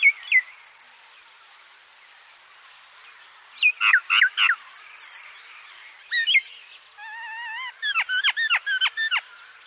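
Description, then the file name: Common myna calls: brief squeaky notes, a grating chattered cluster, a wavering nasal tone and then a rapid string of sharp harmonic notes. "Indian Myna"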